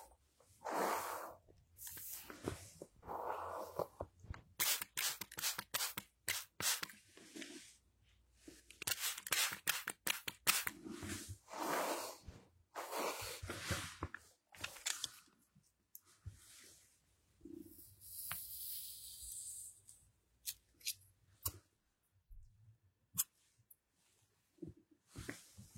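A haircut with scissors: quick, irregular bursts of sharp snipping come in clusters, with short pauses between them through most of the 26 seconds. Softer brushing and rustling sounds fill some gaps, and a longer hissy, breathy stretch appears around 17 to 20 seconds.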